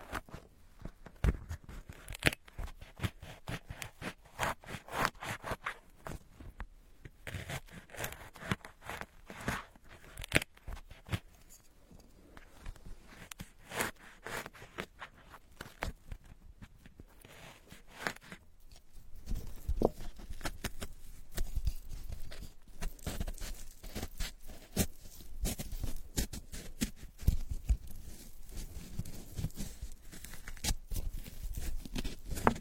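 A sweet orange is peeled, with a steady run of crisp, dry tearing and crackling snaps packed tightly together. Around the twenty-second mark the peeling grows louder and denser, the rind ripping in quicker, fuller bursts.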